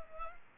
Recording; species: mosquito wingbeat signal from an infrared sensor; Culex pipiens